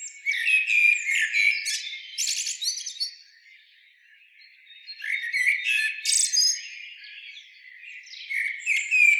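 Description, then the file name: Common blackbird singing a warbled phrase with a high twittering flourish, then a pause, then another similar phrase with shrill squeaks. "Turdus merula"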